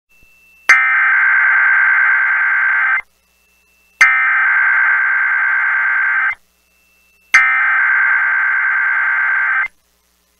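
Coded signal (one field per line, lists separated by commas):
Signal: Emergency Alert System (SAME) tones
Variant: header bursts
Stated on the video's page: Required monthly statewide test on NOAA weather radio, shown with a WeatherSTAR 4000.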